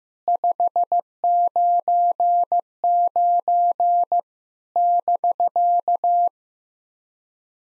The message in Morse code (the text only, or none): 599 <BK>